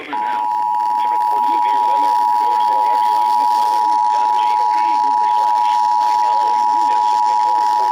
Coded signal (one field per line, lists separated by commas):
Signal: Emergency Alert System (SAME) tones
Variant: 853 and 960 Hz attention tone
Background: speech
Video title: EAS/NWR Alert or message #1261-1264: Tornado Warning #2 for 2023